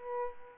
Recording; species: mosquito wingbeat signal from an infrared sensor; Aedes aegypti